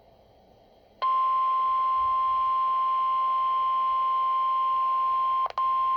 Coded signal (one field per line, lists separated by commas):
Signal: Emergency Alert System (SAME) tones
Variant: 1050 Hz attention tone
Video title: Required Weekly Test (EAS #5)